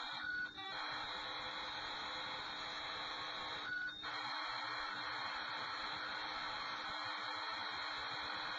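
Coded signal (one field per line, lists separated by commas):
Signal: Commodore tape loading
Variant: Commodore 64 Datasette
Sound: continuous harsh buzzing data screech, briefly interrupted twice by short pure tones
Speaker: back on a normal player and it's quite quite a lovely little experience when you listen to that music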